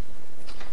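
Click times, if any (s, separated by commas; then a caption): none. The plastic battery cover on the keypad of an electronic safe is handled as it is being closed after the batteries are put into the compartment. Over 0.8 seconds there is steady, low-level handling and rustling noise, with slightly brighter scraping near 0.5 and 0.6 seconds. Nothing has snapped shut or seated yet.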